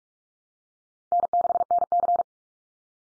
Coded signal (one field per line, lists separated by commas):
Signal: Morse code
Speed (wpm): 44 wpm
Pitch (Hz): 700 Hz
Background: none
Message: N6NC